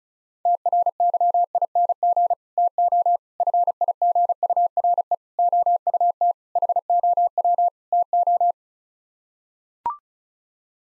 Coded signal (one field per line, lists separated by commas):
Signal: Morse code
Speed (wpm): 34 wpm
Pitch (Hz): 700 Hz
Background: none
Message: TRYING TO FIGURE OUT HOW TO